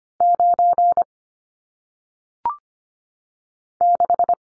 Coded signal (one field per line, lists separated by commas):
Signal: Morse code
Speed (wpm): 25 wpm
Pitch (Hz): 700 Hz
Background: none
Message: 9 6